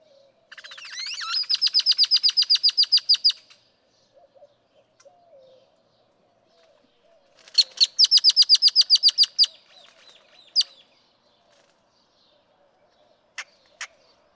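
Great-tailed grackle song: two bursts of fast, dry rattling clicks, followed by a few sharp, isolated clacks.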